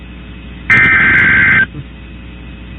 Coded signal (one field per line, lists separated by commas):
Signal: Emergency Alert System (SAME) tones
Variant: header bursts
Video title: Severe Thunderstorm Warning | EAS #415